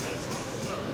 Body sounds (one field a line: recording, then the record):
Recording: coughing mixed with background sound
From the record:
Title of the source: Spring Cold Coughing 2